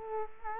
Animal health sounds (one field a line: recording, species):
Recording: mosquito wingbeat signal from an infrared sensor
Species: Culex quinquefasciatus